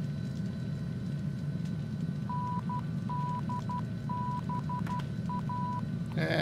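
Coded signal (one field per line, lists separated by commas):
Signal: Morse code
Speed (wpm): 12 wpm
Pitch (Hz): 990 Hz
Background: none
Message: NDBA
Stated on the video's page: Morse ident from an NDB tracked with an ADF to locate an offshore oil platform, in a flight simulator.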